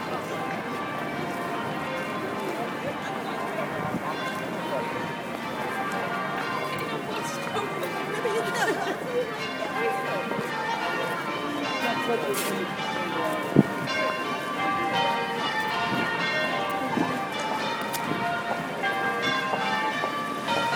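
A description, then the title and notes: Church bells ring in change-ringing practice, a dense, steady stream of overlapping bright strikes with long ringing tones that carry through the whole clip at an even level. Faint voices murmur underneath, and a single sharp knock stands out around thirteen seconds. Bell ringing practice at St Paul's by Dave Haynes.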